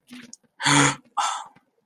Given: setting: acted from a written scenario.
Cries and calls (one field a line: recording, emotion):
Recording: vocal sound without words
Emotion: fear